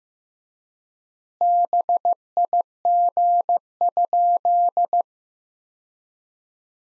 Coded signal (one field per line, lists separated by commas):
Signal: Morse code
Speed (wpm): 15 wpm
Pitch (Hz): 700 Hz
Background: none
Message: BIG?